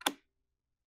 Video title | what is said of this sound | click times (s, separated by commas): Basic Setup for Electronic News Gathering (ENG) with Prof. Harris | Did you hear the click? You should have heard the click. | 0.0 s, 0.1 s